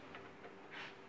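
A student handles a metal grease gun coupler at a side grease fitting (grease nipple), bringing it up to the nipple with a brief sharp tick at 0.2 s over a low steady hum and faint bursts of higher-pitched rustle. Nothing has seated or clicked yet; the coupler is not home on the fitting by the end of the clip.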